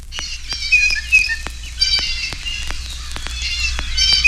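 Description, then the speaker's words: Blue Jay giving scattered chattering notes with a few brief whistled tones, over steady low hum and frequent sharp clicks of record crackle. Notes vary from raucous screams to soft conversational chatter. "notes of the blue jay vary from raucous screams to soft conversational chatter."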